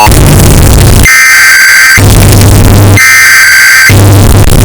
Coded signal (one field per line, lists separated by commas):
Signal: Emergency Alert System (SAME) tones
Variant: header bursts